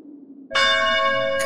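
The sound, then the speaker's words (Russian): After a brief low murmur, a church bell in the bell tower of a city cathedral suddenly rings out loud, one strike that hangs in a sustained, shimmering metallic tone rich with overtones. “Даже в голове звенит! Еще бы! Мы же сидим на колокольне, на самом шпиле.”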